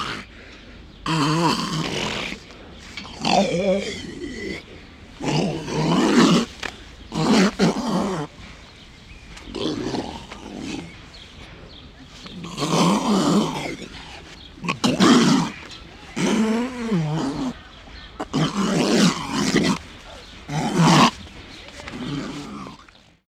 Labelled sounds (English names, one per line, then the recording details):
Grey Seal
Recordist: Tembrock, Günter
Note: Laute des Männchen bei Annäherung an Weibchen